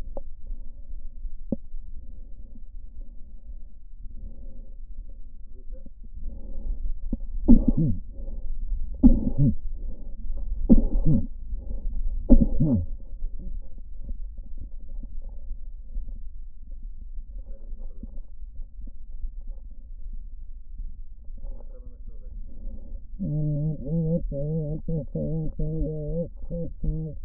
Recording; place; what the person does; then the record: lung sounds by stethoscope; left posterior apical chest; quiet breathing, then cough and speech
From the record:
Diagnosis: COPD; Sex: female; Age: 80 years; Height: 160 cm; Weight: 62 kg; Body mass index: 24.2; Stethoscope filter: diaphragm mode